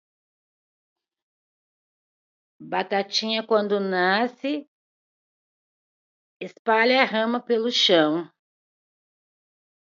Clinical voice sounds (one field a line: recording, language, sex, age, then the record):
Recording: short text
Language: Brazilian Portuguese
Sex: female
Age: 40 to 49 years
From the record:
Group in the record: control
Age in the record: 45 years